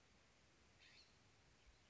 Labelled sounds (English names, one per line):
California Scrub-Jay